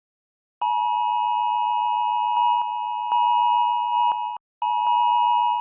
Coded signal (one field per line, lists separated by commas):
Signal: Emergency Alert System (SAME) tones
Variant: 853 and 960 Hz attention tone